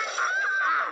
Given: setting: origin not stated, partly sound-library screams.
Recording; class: one-second piece from a danger detection set; woman in danger